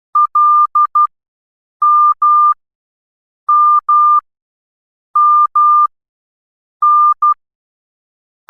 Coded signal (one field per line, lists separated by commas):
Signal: Morse code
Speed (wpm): 12 wpm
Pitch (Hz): 1200 Hz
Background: none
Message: L M M M N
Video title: MORSE CODE | A-Z & 0-9 | Easy Steps To Learn |